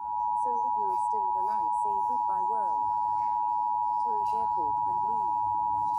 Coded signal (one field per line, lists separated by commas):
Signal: Emergency Alert System (SAME) tones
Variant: 853 and 960 Hz attention tone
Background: speech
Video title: EAS Scenario #1 2012 the movie in UK